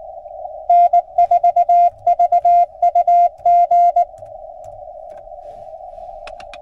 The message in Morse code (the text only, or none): N4VUG